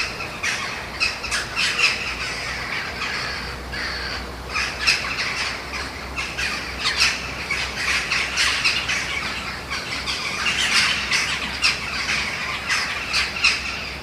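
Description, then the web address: Eurasian jackdaw calls, a busy stream of harsh squawking notes from several birds, bursts clustering and overlapping, with a low steady hum beneath. "wroblowe ptaki kawki"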